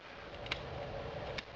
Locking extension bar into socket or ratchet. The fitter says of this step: once that goes on it locks in place and it doesn't come off if I didn't have a locking extension